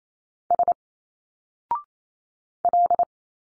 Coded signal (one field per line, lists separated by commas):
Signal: Morse code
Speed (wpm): 28 wpm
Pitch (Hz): 700 Hz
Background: none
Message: S L